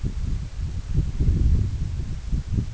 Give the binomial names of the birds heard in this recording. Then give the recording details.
none. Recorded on Arctic tundra, site EABA-1, on 21 June 2018. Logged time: 02:00